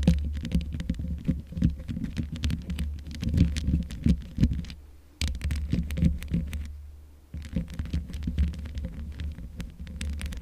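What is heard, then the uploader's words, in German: Microphone scratching without a pop filter: dense, irregular scraping and rubbing with a heavy low rumble underneath and frequent sharp ticks. The scratching stops briefly around five seconds and again from about six to seven seconds, then resumes through the end. Mic Scratching ohne Popschutz.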